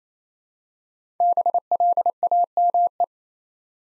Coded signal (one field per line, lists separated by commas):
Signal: Morse code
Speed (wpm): 27 wpm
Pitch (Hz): 700 Hz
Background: none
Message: BLAME